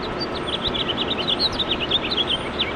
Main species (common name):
House Finch